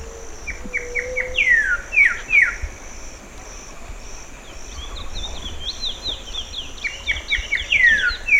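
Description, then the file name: Bird calls, a string of sharp downward-sweeping chirps, some short and some longer slurs, recurring throughout with a steady high whine behind. "SABIOD 50 bird 2015"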